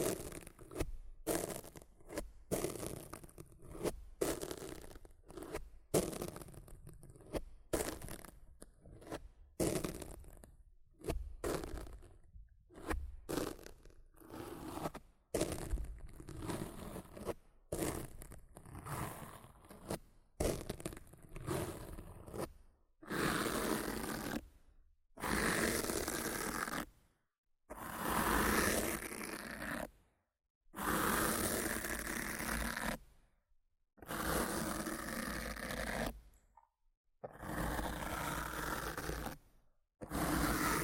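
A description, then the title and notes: Rough scratching and brushing on a microphone, starting as quick, uneven scrapes packed closely together for about the first twenty seconds. After that the strokes grow longer, louder and hissier, coming as separate sweeps of a second or two with short silences between them. ASMR Rough Mic Scratching & Brushing (No Talking).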